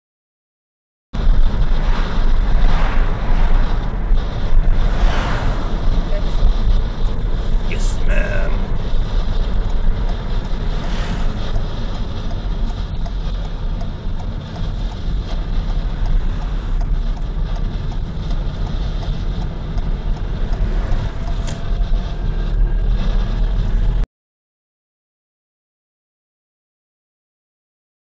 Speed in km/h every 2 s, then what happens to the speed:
46, 42, 43, 43, 42, 31, 29, 29, 30, 31, 33, 36, 37, 36.
0-8 steady at about 43. 8-12 slows to 29. 12-28 steady at about 31.